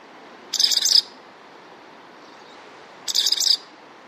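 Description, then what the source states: Ancient murrelet calls: two short, buzzy, chattering bursts about half a second long, spaced roughly two and a half seconds apart over a quiet background. Played back as a mystery sound; small, chunky seabird related to the marbled murrelet.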